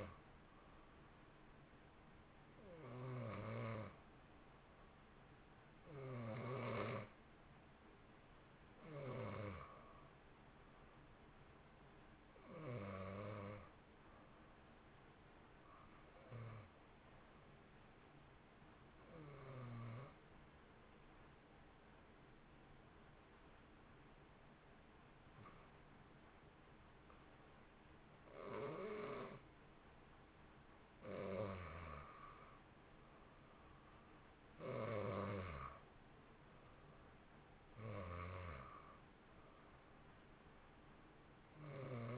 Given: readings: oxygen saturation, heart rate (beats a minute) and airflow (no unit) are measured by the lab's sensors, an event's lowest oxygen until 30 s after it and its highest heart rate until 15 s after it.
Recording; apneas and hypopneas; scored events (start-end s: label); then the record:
breathing in sleep by a voice recorder at the bedside; 1
19.00-31.40 s: hypopnea (N1, oxygen 91% highest, then 85% lowest, heart rate 60 at the start, 63 highest)
22.00-42.18 s: new sleep stage, N2 (light sleep)
From the record:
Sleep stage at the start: N1 (lightest sleep); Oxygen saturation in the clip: 85 to 91%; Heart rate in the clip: 59 to 63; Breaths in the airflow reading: 13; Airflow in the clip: -1.6 to 1.7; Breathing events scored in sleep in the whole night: 328 in 6.3 hours asleep